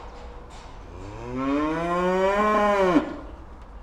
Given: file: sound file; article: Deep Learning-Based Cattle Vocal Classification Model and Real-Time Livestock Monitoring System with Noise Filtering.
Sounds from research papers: cattle; food anticipating call

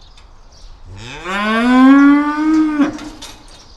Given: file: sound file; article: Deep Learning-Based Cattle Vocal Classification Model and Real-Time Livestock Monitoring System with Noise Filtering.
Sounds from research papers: cattle; estrus call

